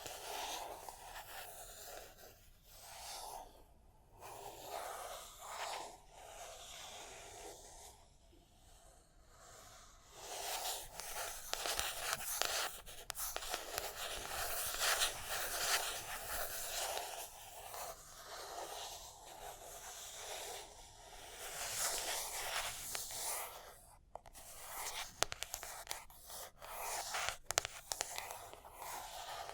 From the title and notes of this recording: Tapping and Scratching (No Talking).